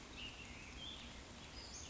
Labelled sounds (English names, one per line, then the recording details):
Western Flycatcher
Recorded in Sonoma County, California